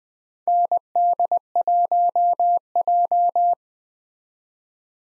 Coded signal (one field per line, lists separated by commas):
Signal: Morse code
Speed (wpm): 20 wpm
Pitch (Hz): 700 Hz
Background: none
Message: ND1J